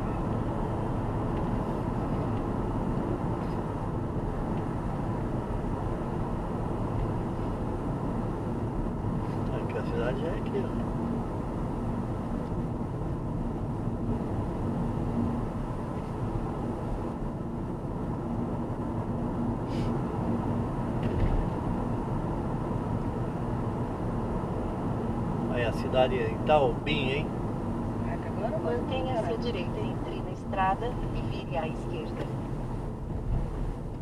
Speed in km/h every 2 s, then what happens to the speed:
70, 67, 65, 62, 59, 58, 59, 61, 60, 63, 63, 62, 62, 57, 54, 48, 42.
0-8 slows to 59. 8-24 steady at about 61. 24-34 slows to 42.